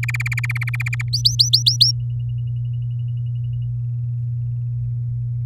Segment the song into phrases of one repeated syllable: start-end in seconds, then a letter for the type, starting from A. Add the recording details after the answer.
0.03-1.02 A, 1.13-1.91 B. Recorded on 11 May 2018 at 06:28. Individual llb16